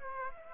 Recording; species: mosquito wingbeat signal from an infrared sensor; Aedes aegypti